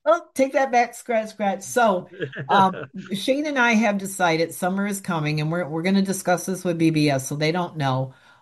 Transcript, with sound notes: oh, take that back. Scratch, scratch. So-
(laughs)
... um, Shane and I have decided summer is coming and we're, we're gonna discuss this with BBS so they don't know,